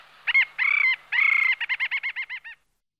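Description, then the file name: Little auk call: two brief nasal notes, two longer harsh drawn notes, then a quick series of several short chirps that fades out. "alkoun-malý"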